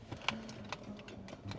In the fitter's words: Seat belt works, but it doesn't click.